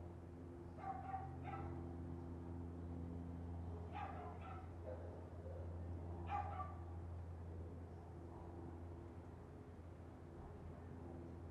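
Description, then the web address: Dog barking in clustered yaps during the first seven seconds, then falling quiet while a low hum continues. Constant yapping dog heard as neighbourhood background ambience. "Lynne Music Neighborhood-Background-Constant-Yappy-Dog"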